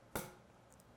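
A 6 Nm preset torque screwdriver is turned on a screw that holds a motor wire terminal. It gives one sharp click at 0.2 s as it reaches its setting, confirming the screw is torqued, and two faint high ticks follow near 0.7 s and 0.8 s.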